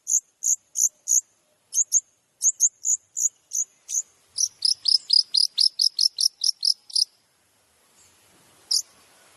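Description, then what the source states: Long-tailed shrike song, a series of many sharp, very high chipping notes, first spaced, then quickening into a tight run, ending with one isolated note. Masteran training recording for other shrikes (cendet), full 'tembakan' material.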